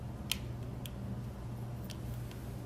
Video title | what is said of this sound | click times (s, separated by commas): Set Up Premium Cordless Phones | can use the optional belt clip that you'd like it snaps on on top | 0.3 s